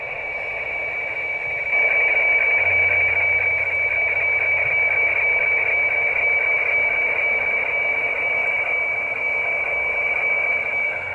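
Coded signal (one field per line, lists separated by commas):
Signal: weather fax (radiofax)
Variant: IOC 576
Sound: steady high tone with a rapid rhythmic scratchy warble beneath, repeating steadily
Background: radio static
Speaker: have to make sure the lines at the bottom match the actual signal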